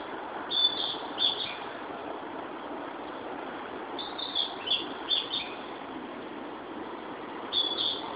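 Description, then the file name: Narcissus flycatcher repeating short, high, sweet whistled phrases, four or five bursts at irregular gaps, over a continuous background hum. "Ficedula narcissina"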